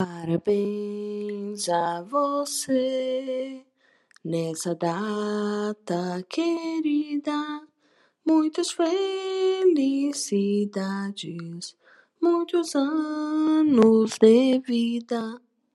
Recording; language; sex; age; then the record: short text; Brazilian Portuguese; female; 30 to 39 years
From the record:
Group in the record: control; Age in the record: 38 years